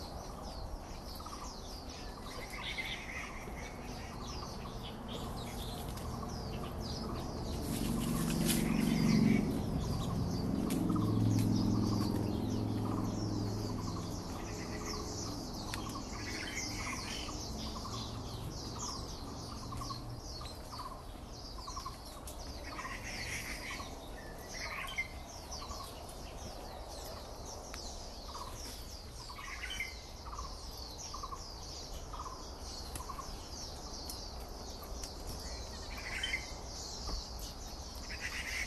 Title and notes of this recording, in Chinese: 富陽生態公園自然音。肥肥五色鳥、咶噪喜鵲、群聚藍鵲、鷲兒近近又遠遠、還有更多不知名的生物們